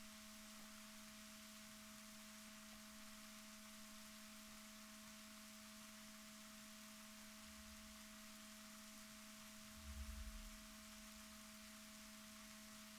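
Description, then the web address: Fin whale calls: two short, very deep low-frequency pulses about two seconds apart, heard over steady electronic hum tones and constant hiss. Recorded off Chile. "Balaenoptera Physalus Chile"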